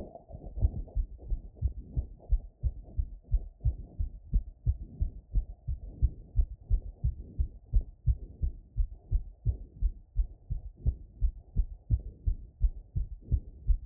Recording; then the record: heart sounds by stethoscope after running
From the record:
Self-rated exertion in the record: vigorous exertion (4 of 6); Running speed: 10 mph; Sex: female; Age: 28 years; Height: 155 cm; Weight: 44 kg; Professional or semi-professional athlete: no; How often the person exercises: 3 to 5 times a week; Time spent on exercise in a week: over 5 hours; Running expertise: yes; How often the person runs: 3 to 5 times a week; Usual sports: running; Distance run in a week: 45 km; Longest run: 32 km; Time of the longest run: 200 minutes